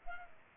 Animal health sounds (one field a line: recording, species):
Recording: mosquito wingbeat signal from an infrared sensor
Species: Culex pipiens